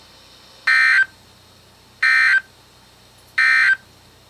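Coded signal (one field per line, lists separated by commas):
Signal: Emergency Alert System (SAME) tones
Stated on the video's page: Severe thunderstorm and marine warning tones from weather radio station KHB36, received on an Oregon Scientific WR-3000 radio.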